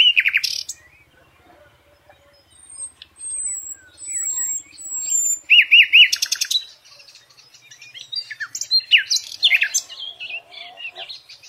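Nightingale singing in separate varied phrases: thin high drawn-out whistles, a cluster of quick looping notes, then scratchy chattering bursts with short pauses between.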